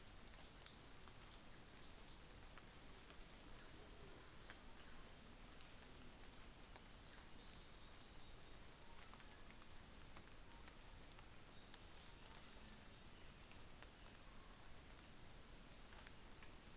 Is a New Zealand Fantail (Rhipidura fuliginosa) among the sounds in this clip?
no